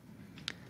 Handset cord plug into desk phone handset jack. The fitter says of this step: so you push it in until you hear that click